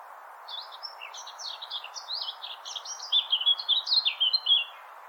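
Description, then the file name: Eurasian blackcap song: a fast, busy warble that grows louder and clearer in its second half, with a steady hiss underneath. "Sylvia atricapilla"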